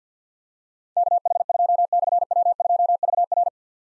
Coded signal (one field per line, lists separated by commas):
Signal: Morse code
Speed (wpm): 46 wpm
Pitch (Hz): 700 Hz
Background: none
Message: KH2/W2VR